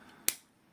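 A plastic snap cap is pulled off the body of a black Platinum Preppy fountain pen (medium 0.5 nib), making a single sharp, bright pop at 0.3 s that fades quickly. The cap releases from the pen.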